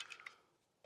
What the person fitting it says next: Ось так він легко приєднується до щілчка.